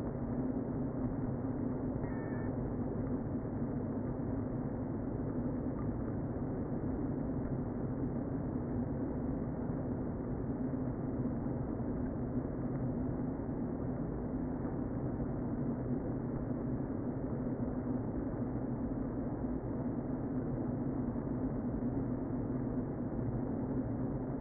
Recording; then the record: honeybee colony, microphone inside the hive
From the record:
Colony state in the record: queen present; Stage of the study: before two queens were removed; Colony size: about 60,000 bees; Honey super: yes